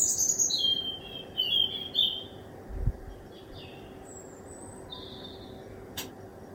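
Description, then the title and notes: Bird song in bursts of high twittering during the first two seconds, then sparse thin notes and a short click, over a low background hum and brief rumble. Recorded at 1 am from a kitchen window. "Birdsong Recorded From My Kitchen Window At 1 Am by Speculativism"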